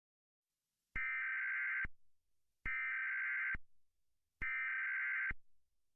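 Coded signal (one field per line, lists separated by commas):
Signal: Emergency Alert System (SAME) tones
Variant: header bursts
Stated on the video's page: Fictional EAS scenario.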